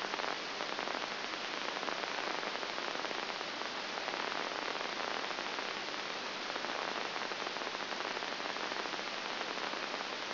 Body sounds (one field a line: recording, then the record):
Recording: brain microelectrode recording played as sound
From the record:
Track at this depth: outside the subthalamic nucleus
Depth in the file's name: 0.905 mm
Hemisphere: left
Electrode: 2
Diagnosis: Parkinson's disease